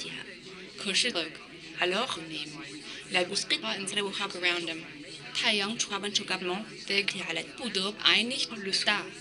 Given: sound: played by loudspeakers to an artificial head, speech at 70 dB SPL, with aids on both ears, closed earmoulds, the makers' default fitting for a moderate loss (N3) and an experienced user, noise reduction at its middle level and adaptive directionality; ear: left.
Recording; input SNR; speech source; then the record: speech test signal (ISTS) in cocktail-party noise; +6 dB; in front (0 degrees)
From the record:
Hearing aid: class 2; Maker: B